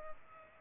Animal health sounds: mosquito wingbeat signal from an infrared sensor; Culex pipiens

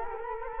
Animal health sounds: mosquito wingbeat signal from an infrared sensor; Culex quinquefasciatus

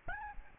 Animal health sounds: mosquito wingbeat signal from an infrared sensor; Aedes albopictus

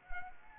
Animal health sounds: mosquito wingbeat signal from an infrared sensor; Anopheles arabiensis

